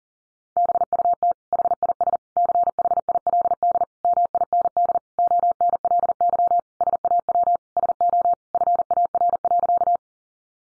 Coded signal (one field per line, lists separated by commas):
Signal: Morse code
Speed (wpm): 40 wpm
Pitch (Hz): 700 Hz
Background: none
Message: BUT HIS CHILD MIND ONLY SAW SO FAR.